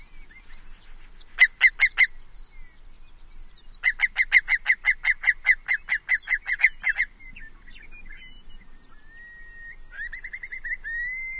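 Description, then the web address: Long-billed curlew calls in rapid bursts of sharp, harmonic-rich notes, a short volley then a longer rattling series, ending with a few rising whistled notes. Western species of North America. "Know Your Bird Sounds Common Western Species 56-Long-billed Curlew"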